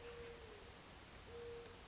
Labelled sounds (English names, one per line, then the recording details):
Mourning Dove
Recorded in Sonoma County, California